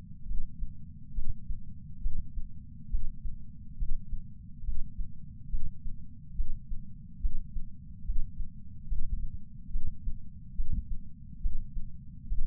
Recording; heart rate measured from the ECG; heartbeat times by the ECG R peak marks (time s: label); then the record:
heart sounds by patch sensor on the chest; 70 bpm
0.27 s: heartbeat
1.14 s: heartbeat
2.02 s: heartbeat
2.90 s: heartbeat
3.78 s: heartbeat
4.65 s: heartbeat
5.50 s: heartbeat
6.36 s: heartbeat
7.21 s: heartbeat
8.05 s: heartbeat
8.88 s: heartbeat
9.72 s: heartbeat
10.56 s: heartbeat
11.42 s: heartbeat
12.28 s: heartbeat
From the record:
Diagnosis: coronary artery disease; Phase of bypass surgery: preoperative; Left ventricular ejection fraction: 65.2%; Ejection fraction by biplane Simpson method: 56.6%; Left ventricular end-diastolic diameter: 45 mm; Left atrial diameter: 34 mm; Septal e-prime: 5.7 cm/s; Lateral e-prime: 8.2 cm/s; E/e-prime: 7.6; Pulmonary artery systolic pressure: 21 mmHg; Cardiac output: 6.8 L/min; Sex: male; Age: 69 years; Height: 174 cm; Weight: 79 kg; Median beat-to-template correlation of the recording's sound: 0.95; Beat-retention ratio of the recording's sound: 0.99